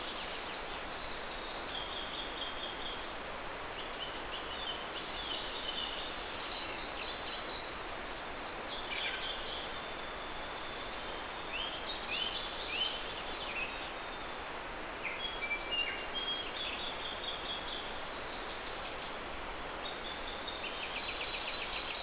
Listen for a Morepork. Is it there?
no